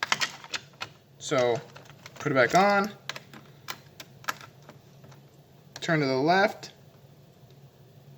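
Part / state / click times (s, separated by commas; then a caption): screw in the plastic housing of a toy blaster / not seated / none. A screw is turned backwards, to the left, in its plastic hole while the shell of a Nerf Strongarm toy blaster is reassembled. Short, sharp ticks and taps are scattered through the clip as someone talks in brief bursts. Nothing has seated or clicked yet.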